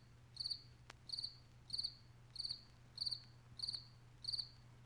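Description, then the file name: Cricket chirping: high, clean pulsed chirps, seven in all, over a faint steady low hum. "Sverchok"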